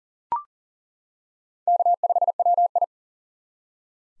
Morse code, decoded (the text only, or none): K5WI